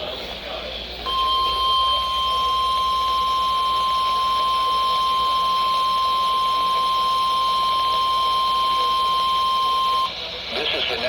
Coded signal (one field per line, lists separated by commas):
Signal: Emergency Alert System (SAME) tones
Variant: 1050 Hz attention tone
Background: speech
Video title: NWR CONDUCTS MONTHLIES!?! - EAS Tests from 07/06/2022 (EAS #620-625)